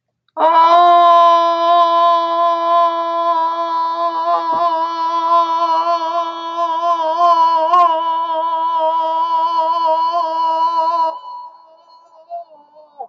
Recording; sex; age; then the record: vowel held as long as possible; female; 50 to 59 years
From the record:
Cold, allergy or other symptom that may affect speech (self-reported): no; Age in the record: 58 years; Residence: Texas, United States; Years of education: 13